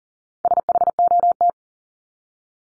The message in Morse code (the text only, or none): SHOT